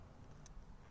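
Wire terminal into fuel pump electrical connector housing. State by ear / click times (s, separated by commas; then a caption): seated / 0.5 s. A small metal wire terminal is pushed into its cavity in a new plastic fuel pump electrical connector housing on an Audi and clicks, seating at 0.5 s. The click is a short, sharp, high-pitched tick over a low background hum. The terminal is confirmed seated in the housing.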